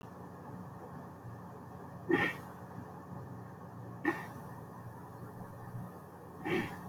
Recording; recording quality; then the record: shallow voluntary cough; excellent, no background noise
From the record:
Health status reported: exposed to COVID-19, no respiratory illness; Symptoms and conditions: cough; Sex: male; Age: 29 years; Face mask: not worn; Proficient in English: yes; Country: India